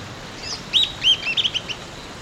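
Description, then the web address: Sooty-headed tyrannulet song: a rapid series of high, sharp chippering notes running for about a second. Ecuador. "Natures Songs S America Birds of Ecuador. Sooty-headed Tyrannulet"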